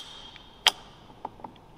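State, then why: Seated. A close-fitting metal adapter piece with power nubs is pressed onto a BMW dual clutch transmission so the nubs drop into their indents. A loud broadband knock comes at about 0.7 s, then a sharp snap at 1.3 s, followed by a smaller tick at 1.5 s. The piece seats with no play, a perfect fit.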